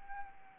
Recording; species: mosquito wingbeat signal from an infrared sensor; Anopheles arabiensis